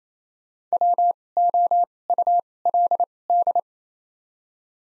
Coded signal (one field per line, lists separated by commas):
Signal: Morse code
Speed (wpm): 27 wpm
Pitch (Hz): 700 Hz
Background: none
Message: W O U L D